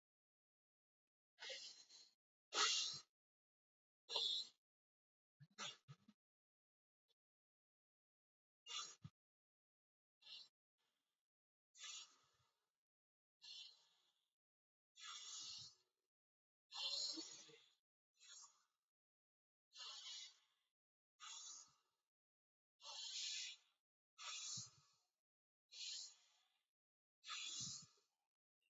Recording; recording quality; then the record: deep breathing; excellent, no background noise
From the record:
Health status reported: healthy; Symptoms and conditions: diabetes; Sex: male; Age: 57 years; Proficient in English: yes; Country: India